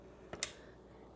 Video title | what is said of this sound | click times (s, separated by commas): Professional Cold Press Masticating Juicer Machine w 5.4" Large Feed Chute. Whole Fruit & Vegetables | Did you hear that click? Maybe you can't hear it. It's sort of a quiet click. | 0.4 s